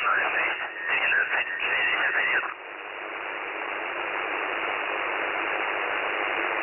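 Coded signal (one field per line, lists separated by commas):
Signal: numbers station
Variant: UVB-76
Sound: a short burst of Russian-sounding radio voice, then only steady static hiss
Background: radio static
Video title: The Buzzer/UVB-76 Voice Message (December 1, 2020 11:14 UTC)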